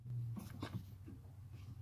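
A spark plug wire boot on a 1997 Ford Ranger 4.0 is handled as it goes onto the rear spark plug. Low hum and short rustling handling noises are heard, and nothing has seated or clicked yet.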